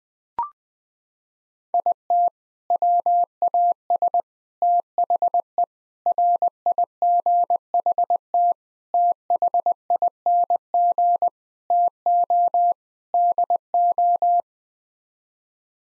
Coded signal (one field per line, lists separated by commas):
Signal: Morse code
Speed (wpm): 20 wpm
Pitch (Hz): 700 Hz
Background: none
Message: IT WAS THE RIGHT THING TO DO